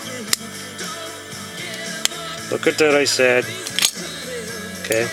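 A replacement plastic wheel is pushed onto the axle of a Chevrolet Path Beater plastic toy car, with just enough material left for it to snap into place. Sharp snaps are heard at 0.3 s and 2.1 s over background music while someone talks. The wheel is seated.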